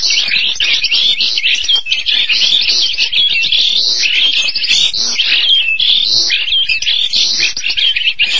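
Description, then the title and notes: Starling singing a long, unbroken medley of rasping chatter, squeaky notes and brief whistled slides, steady and loud from start to finish. "suara burung jalak"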